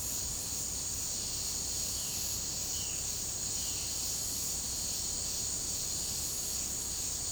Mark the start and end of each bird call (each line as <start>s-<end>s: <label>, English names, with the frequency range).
1.10s-3.92s: Violaceous Jay (2.2-3.7 kHz)